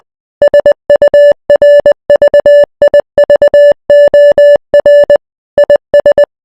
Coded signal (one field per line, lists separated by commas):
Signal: Morse code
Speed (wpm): 20 wpm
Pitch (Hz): 580 Hz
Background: music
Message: SURVIVOR IS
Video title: Morse code for @FishIsGreat1